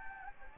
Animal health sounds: mosquito wingbeat signal from an infrared sensor; Anopheles gambiae

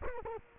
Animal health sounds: mosquito wingbeat signal from an infrared sensor; Culex quinquefasciatus

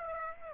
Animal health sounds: mosquito wingbeat signal from an infrared sensor; Aedes aegypti

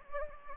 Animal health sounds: mosquito wingbeat signal from an infrared sensor; Anopheles gambiae

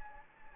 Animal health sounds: mosquito wingbeat signal from an infrared sensor; Anopheles gambiae

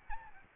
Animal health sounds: mosquito wingbeat signal from an infrared sensor; Aedes albopictus

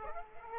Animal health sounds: mosquito wingbeat signal from an infrared sensor; Aedes aegypti

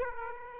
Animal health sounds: mosquito wingbeat signal from an infrared sensor; Aedes aegypti

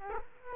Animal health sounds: mosquito wingbeat signal from an infrared sensor; Culex quinquefasciatus

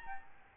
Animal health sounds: mosquito wingbeat signal from an infrared sensor; Aedes albopictus

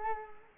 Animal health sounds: mosquito wingbeat signal from an infrared sensor; Culex quinquefasciatus

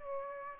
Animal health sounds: mosquito wingbeat signal from an infrared sensor; Aedes aegypti

